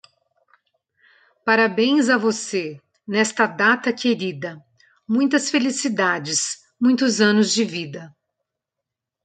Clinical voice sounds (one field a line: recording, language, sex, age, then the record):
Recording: short text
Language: Brazilian Portuguese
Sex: female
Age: 50 to 59 years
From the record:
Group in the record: control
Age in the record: 52 years